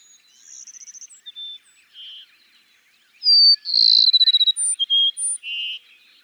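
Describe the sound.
Cassin's sparrow song: a quieter phrase first, then a loud high whistle, a fast sweet trill, and separate lower and higher notes at the close.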